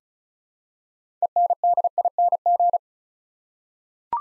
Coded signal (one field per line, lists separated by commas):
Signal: Morse code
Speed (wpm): 35 wpm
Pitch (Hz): 700 Hz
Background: none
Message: ENDING